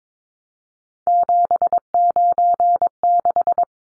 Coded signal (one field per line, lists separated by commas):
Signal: Morse code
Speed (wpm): 22 wpm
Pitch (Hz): 700 Hz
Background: none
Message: 796